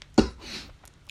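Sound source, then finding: Man. Cough.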